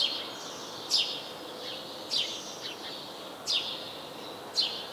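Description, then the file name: House sparrow calls: four clear, sharp descending chirps spaced just over a second apart, with faint softer notes and a steady hiss underneath. "Passer domesticus"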